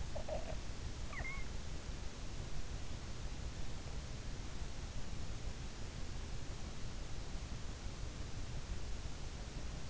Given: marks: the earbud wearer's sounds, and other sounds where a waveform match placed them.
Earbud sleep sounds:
sounds in sleep by an in-ear microphone; snoring breath
0.00-1.51 s: snoring breath

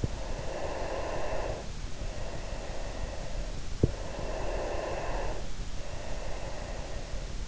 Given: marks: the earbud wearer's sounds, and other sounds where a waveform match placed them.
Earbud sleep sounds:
sounds in sleep by an in-ear microphone; breath
0.07-3.58 s: breath
4.04-7.48 s: breath

